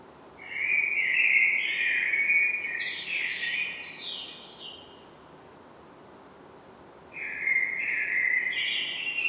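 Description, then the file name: Common blackbird song: a long fluted phrase ending in a burst of high, scratchy twitters, then after a pause another mellow warble. "Turdus merula"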